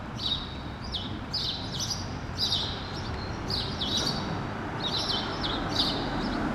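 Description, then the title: Sparrow chirps in quick repeated bursts over a loud, broad wash of street noise. Sparrows recorded on Rue Keyenveld, Ixelles, Brussels, Belgium, in a street with cars and people passing by; recorded with Lom Usi Pro microphones into a Zoom F6. "Rue Keyenveld, Ixelles, Bruxelles-Capitale, Belgique - Sparrows - moineaux"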